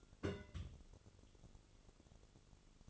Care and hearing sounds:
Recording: daily activity, microphone in the room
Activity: place on stove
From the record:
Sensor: 4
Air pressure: 1008.8 hPa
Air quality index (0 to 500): 128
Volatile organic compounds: 1 ppm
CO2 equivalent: 932 ppm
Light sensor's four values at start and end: 10/23/9/8 and 10/23/9/8

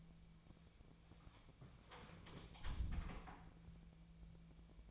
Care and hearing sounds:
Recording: daily activity, microphone in the room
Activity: close door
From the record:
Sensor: 1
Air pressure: 1000.5 hPa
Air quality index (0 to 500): 183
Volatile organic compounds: 4 ppm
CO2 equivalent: 1686 ppm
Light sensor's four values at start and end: 13/31/13/15 and 13/30/13/15

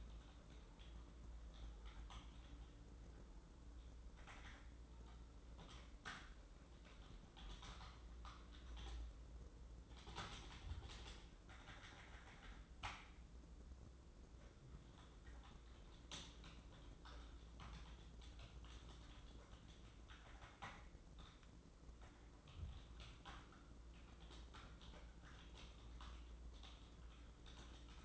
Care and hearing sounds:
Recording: daily activity, microphone in the room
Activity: typing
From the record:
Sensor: 3

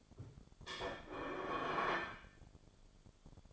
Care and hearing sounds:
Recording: daily activity, microphone in the room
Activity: place plate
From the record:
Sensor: 5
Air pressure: 1004.4 hPa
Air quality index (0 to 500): 171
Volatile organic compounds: 4 ppm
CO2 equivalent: 1608 ppm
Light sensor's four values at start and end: 17/40/16/14 and 17/40/16/14

